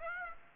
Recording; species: mosquito wingbeat signal from an infrared sensor; Aedes aegypti